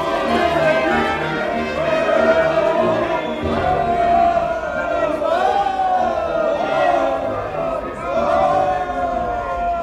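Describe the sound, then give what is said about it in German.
A large crowd of the people of Kravonia cheers and shouts together before the Cathedral of Staropol at a royal wedding, in a dense, continuous roar of many overlapping voices, rising and falling in waves at a steady high level for about ten seconds. “Vor der Kathedrale von Staropol, inmitten des jubelnden Volkes von Kravonien.”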